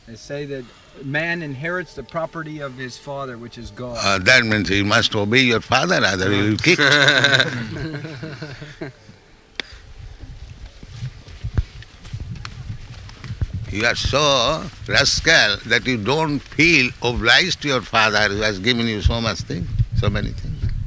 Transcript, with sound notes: They say that man inherits the property of his father, which is God.
That means you must obey your father. Otherwise you'll be kicked. [laughter] You are so rascal that you don't feel obliged to your father, who has given you so much things, so many things.